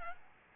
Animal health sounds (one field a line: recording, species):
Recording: mosquito wingbeat signal from an infrared sensor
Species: Aedes albopictus